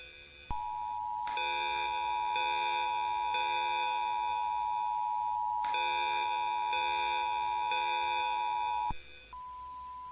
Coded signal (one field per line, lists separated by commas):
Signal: Emergency Alert System (SAME) tones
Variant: 853 and 960 Hz attention tone